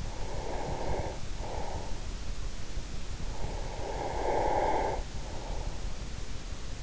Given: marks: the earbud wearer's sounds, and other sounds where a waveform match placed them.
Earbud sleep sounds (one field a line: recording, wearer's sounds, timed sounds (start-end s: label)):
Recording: sounds in sleep by an in-ear microphone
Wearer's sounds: breath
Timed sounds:
0.00-2.02 s: breath
3.42-5.89 s: breath